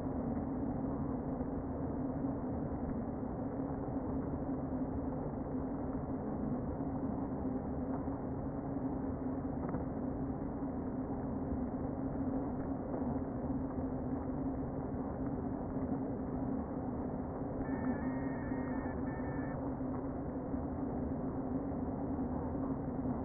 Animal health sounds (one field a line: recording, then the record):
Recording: honeybee colony, microphone inside the hive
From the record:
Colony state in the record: queen present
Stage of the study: before two queens were removed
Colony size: about 60,000 bees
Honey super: yes